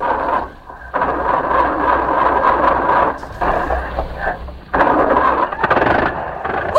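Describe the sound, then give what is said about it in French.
An old petrol car engine is started with a hand crank and catches, then runs with a loud, rough, rattling drone that briefly dips and surges a few times. No one speaks. “Il n'y a plus qu'à tourner la manivelle.”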